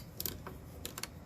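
A Meprolight front night-sight retaining screw is turned into the front sight base of a Galil SAR/AR/ARM rifle, with serrations on the inside of the screw clicking against a detent. Sharp, bright clicks sound at 0.2, 0.3, 0.9 and 1.0 seconds, with fainter ticks between them. The screw is seated.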